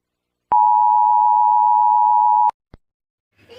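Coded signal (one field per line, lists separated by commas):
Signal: Emergency Alert System (SAME) tones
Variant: 853 and 960 Hz attention tone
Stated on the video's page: Part of a fictional EAS scenario, simulated.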